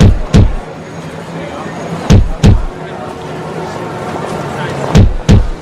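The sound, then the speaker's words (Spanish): Sharp knocks by a patient on a doctor's office door come in quick pairs, three separate double raps spread out with pauses between them, over a steady murmuring background hiss. “Doctor, golpes en la puerta.”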